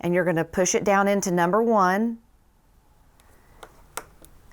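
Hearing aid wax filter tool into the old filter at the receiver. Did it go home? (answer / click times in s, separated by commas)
yes / 4.0 s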